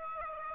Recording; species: mosquito wingbeat signal from an infrared sensor; Aedes aegypti